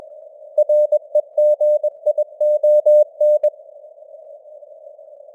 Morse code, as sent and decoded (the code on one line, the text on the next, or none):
.-. . --. .. --- -.
REGION